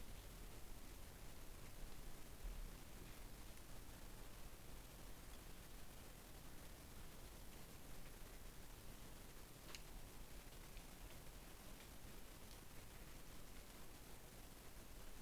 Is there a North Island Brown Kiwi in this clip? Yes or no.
no